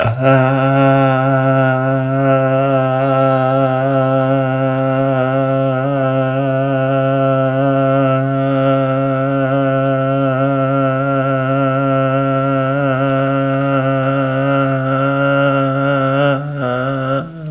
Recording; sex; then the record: sustained vowel /a/; male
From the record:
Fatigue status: no fatigue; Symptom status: symptomatic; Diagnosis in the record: COVID-19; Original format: m4a